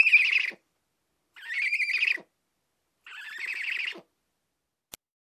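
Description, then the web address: Bird giving harsh, raspy, buzzy calls, three in a row with pauses between them, then a single click. "Звуки Птицы"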